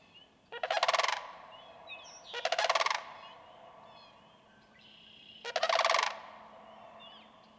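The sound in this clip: Sandhill crane calling with three rattling, bugled calls, two close together and one after a pause, while small birds twitter softly behind.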